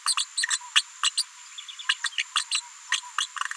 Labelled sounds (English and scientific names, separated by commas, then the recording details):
Green-rumped Parrotlet (Forpus passerinus) babbling
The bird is a female
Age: 36 days
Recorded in a nest box in Venezuela
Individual 17B73B4